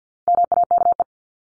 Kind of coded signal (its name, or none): Morse code